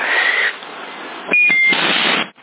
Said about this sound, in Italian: C'è quel bip multiplo in USB che disturba molto. Dovrebbe essere un pallone sonda, non lo so